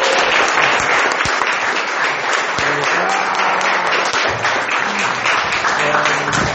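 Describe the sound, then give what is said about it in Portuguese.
A church audience applauds steadily and loudly, dense overlapping claps filling the whole stretch, with a few voices calling out beneath the clapping. “Aplauda Jesus.”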